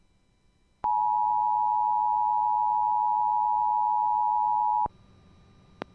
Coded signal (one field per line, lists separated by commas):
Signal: Emergency Alert System (SAME) tones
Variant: 853 and 960 Hz attention tone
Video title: We aren't severe enough! | EAS Alerts from 9/25/2022 (EAS #2034-2039)